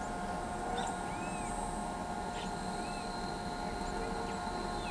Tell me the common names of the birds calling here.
Great Kiskadee